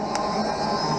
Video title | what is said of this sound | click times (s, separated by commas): Scott's RayBan 8412 w Rx Transitions Gen 8 Grey Lenses and Crizal Alize | my way towards the center when you hear that snap it's | 0.2 s